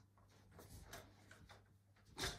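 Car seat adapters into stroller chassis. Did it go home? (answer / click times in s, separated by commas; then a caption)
yes / 0.9 s, 1.3 s. Left and right car seat adapters are pushed into the receivers of a Nuna TRIV Next stroller chassis, producing two quiet clicks at 0.9 s and 1.3 s, likely one per side, over low handling noise. A louder burst of broadband noise follows near 2.3 s. Both adapters are seated.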